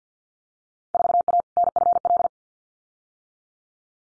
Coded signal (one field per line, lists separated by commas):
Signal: Morse code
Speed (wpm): 50 wpm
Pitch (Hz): 700 Hz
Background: none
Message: 4A NFL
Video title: Field Day Exchange 50wpm